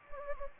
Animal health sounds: mosquito wingbeat signal from an infrared sensor; Anopheles gambiae

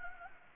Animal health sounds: mosquito wingbeat signal from an infrared sensor; Anopheles gambiae

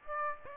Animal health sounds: mosquito wingbeat signal from an infrared sensor; Aedes aegypti

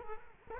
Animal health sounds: mosquito wingbeat signal from an infrared sensor; Culex quinquefasciatus

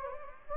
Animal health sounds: mosquito wingbeat signal from an infrared sensor; Anopheles gambiae

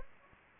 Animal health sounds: mosquito wingbeat signal from an infrared sensor; Anopheles gambiae

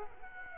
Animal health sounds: mosquito wingbeat signal from an infrared sensor; Culex quinquefasciatus

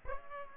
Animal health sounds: mosquito wingbeat signal from an infrared sensor; Aedes aegypti

